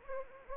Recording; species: mosquito wingbeat signal from an infrared sensor; Anopheles gambiae